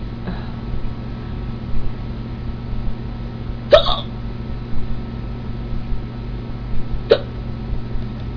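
Three sharp, abrupt hiccups from an adult come at irregular gaps of roughly three to four seconds, each a brief gulping click over a steady low background hum. These are ongoing hiccups after drinking sparkling water: sudden involuntary diaphragm spasms cut off by the closing throat.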